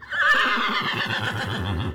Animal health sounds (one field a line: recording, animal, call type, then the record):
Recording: contact call of a hoofed animal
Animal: horse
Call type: whinny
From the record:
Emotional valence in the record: negative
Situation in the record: group separation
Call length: 1.95 s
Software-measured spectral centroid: 2350 Hz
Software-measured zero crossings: 2830 a second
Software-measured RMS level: -23 dBFS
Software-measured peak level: -10 dBFS